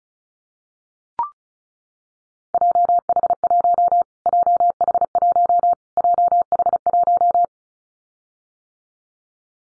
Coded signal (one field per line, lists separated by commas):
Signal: Morse code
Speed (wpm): 34 wpm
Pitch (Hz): 700 Hz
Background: none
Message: JH1 JH1 JH1